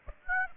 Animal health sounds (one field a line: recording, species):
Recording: mosquito wingbeat signal from an infrared sensor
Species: Aedes aegypti